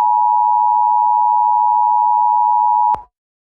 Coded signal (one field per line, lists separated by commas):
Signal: Emergency Alert System (SAME) tones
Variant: 853 and 960 Hz attention tone